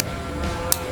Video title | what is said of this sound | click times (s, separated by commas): Insta360 Ace Pro Unboxing dan Test Pertama - Lebih Baik dari GOPRO?? | cetek gitu ya kalau enggak cetek dia enggak akan kencang Nah kalau sudah cetek seperti ini dia akan kencang | 0.7 s